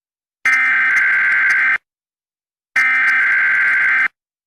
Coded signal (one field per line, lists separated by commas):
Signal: Emergency Alert System (SAME) tones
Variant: header bursts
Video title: (1 YEAR ON YT SPECIAL!) EAS Mock: 2014 Nuclear Attack Remastered